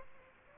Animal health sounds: mosquito wingbeat signal from an infrared sensor; Aedes aegypti

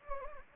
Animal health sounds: mosquito wingbeat signal from an infrared sensor; Anopheles gambiae

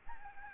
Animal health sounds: mosquito wingbeat signal from an infrared sensor; Aedes albopictus

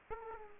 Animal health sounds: mosquito wingbeat signal from an infrared sensor; Aedes aegypti

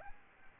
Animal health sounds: mosquito wingbeat signal from an infrared sensor; Aedes albopictus

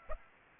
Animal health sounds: mosquito wingbeat signal from an infrared sensor; Aedes aegypti

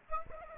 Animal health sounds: mosquito wingbeat signal from an infrared sensor; Aedes aegypti

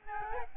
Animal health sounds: mosquito wingbeat signal from an infrared sensor; Aedes albopictus

